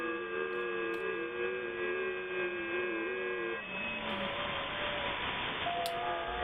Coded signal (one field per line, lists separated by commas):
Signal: FT8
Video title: 241: Exploring Creepy Radio Signals